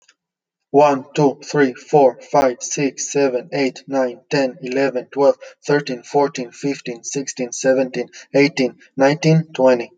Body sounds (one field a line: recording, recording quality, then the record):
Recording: counting at a fast pace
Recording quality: excellent, no background noise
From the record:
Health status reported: healthy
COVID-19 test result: not tested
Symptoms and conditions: none ticked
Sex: male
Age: 30 years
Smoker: not ticked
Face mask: not worn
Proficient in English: yes